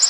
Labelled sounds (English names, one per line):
Black-throated Green Warbler flight call